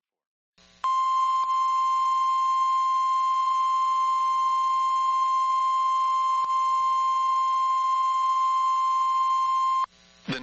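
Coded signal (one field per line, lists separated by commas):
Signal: Emergency Alert System (SAME) tones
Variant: 1050 Hz attention tone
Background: speech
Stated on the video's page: Compilation of real severe weather outbreak alerts from the National Weather Service.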